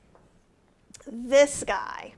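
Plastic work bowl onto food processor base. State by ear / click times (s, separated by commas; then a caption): seated / 1.0 s. A plastic work bowl is set onto a food processor base and turned until it locks into place, giving a sharp, short click at 0.9 seconds. Faint handling sounds come before it, and someone talks right after.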